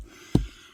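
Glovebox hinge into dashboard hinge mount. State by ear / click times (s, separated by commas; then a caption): seated / 0.3 s. After a cabin filter change on a 2022 Land Rover Discovery Sport, the plastic glovebox is swung back onto its hinge and pressed into the dashboard hinge mount. A single short snap lands at 0.4 s, followed by a brief low thud that fades. The hinge is seated and fully snapped in.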